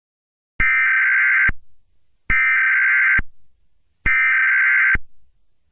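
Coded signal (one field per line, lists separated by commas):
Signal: Emergency Alert System (SAME) tones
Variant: header bursts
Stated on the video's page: Mock EAS test, simulated rather than a real alert.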